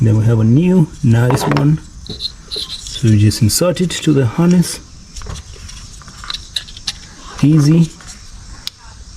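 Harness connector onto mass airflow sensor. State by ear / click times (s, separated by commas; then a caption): seated / 8.7 s. Someone talks while pushing the wiring harness plug onto a new mass airflow sensor for a 2008–2018 Toyota Corolla, with a few light rattling taps as the parts are handled. The plug's plastic latch engages with a sharp click at 8.7 s, and the connector is seated and the connection is good.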